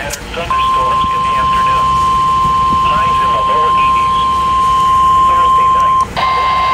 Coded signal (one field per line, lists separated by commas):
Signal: Emergency Alert System (SAME) tones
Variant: 1050 Hz attention tone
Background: speech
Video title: Required Weekly Test | EAS#1,012 and 1,013